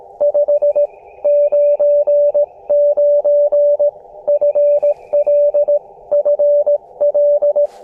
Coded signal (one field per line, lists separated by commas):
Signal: Morse code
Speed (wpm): 15 wpm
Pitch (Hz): 590 Hz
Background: music, radio noise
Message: 599 FL FL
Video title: QRP CW POTA Activation with KX2 and Gabil GRA-7350T Telescopic Whip Antenna (Coon Creek - K-3684)